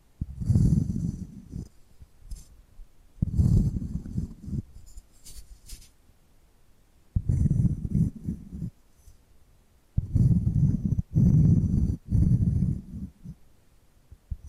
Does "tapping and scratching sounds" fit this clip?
yes